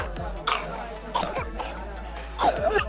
From the back of the throat, unnatural, wet, loud ones, like when the baby has croup. That unnatural gurgling hack that croup can produce in a human baby throat.